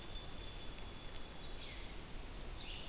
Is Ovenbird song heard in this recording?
no